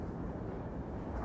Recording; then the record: background sound without coughing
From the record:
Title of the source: Train Ride Ambience ambient white noise for sleeping, focus, studying, reading